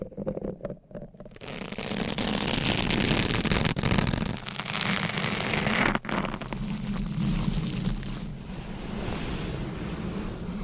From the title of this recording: Scratching & Tapping That Changes Every 5 Seconds